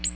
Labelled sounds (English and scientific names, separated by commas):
Ovenbird (Seiurus aurocapilla) flight call